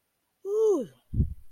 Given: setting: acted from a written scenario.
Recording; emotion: vocal sound without words; relief